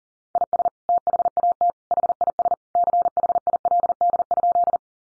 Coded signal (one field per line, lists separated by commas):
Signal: Morse code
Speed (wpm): 40 wpm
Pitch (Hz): 700 Hz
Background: none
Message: IS THAT HIS CHILD?